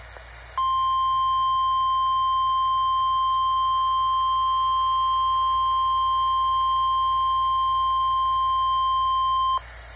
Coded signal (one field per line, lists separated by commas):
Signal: Emergency Alert System (SAME) tones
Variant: 1050 Hz attention tone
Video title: EAS 95: Required Weekly Test + Plans for National EAS TesT